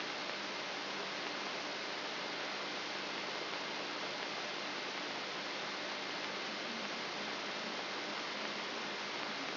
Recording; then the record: brain microelectrode recording played as sound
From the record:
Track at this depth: outside the subthalamic nucleus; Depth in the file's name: 6.501 mm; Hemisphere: left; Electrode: 3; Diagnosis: Parkinson's disease